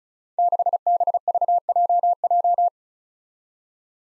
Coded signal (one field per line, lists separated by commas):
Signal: Morse code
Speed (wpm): 36 wpm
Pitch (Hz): 700 Hz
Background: none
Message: 6BVJJ